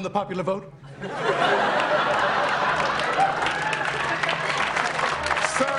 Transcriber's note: laughter